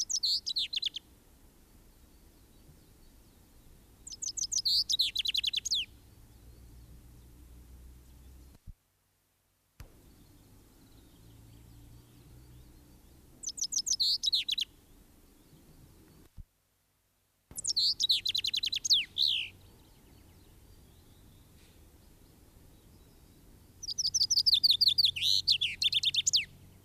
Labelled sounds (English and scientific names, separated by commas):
Common Chaffinch (Fringilla coelebs) song